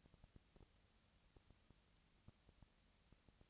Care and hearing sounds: daily activity, microphone in the room; no activity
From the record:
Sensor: 3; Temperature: 20.4 degrees Celsius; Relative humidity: 34.4%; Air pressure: 997.0 hPa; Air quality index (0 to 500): 205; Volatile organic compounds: 68 ppm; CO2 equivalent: 3498 ppm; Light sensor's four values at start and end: 2/3/2/2 and 2/3/2/2

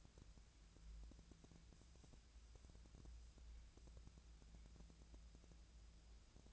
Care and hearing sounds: daily activity, microphone in the room; wipe stove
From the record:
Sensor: 2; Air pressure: 1000.4 hPa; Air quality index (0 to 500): 176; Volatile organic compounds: 3 ppm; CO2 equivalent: 1456 ppm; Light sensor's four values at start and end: 10/23/10/10 and 10/23/10/10

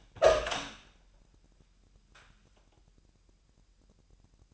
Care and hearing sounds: daily activity, microphone in the room; open door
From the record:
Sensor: 2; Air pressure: 998.2 hPa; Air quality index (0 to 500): 142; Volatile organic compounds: 4 ppm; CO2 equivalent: 1611 ppm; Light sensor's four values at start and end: 12/34/13/13 and 12/34/14/13

